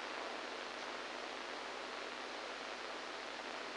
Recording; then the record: brain microelectrode recording played as sound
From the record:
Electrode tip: inside the subthalamic nucleus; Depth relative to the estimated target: -1 mm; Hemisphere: right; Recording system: NeuroSet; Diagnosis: Parkinson's disease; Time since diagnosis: 7 years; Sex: male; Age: 69 years